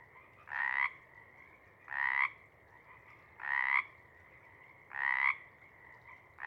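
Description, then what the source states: Pacific chorus frog giving a loud rasping croak roughly every one and a half seconds over a steady background chorus of other frogs. Pacific chorus frog (Pseudacris regilla) chorus at a pond in the pre-morning twilight as the late night wanes; the chorus waxes and wanes.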